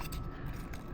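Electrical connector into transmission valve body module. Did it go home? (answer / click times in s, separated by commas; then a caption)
yes / 0.7 s. An electrical connector is pushed in by hand onto the valve body computer (TCM) of a Ram 850RE 8-speed transmission, over a steady low background rumble. A sharp, brief click at 0.7 s marks the connector snapping into place, and it is fully seated.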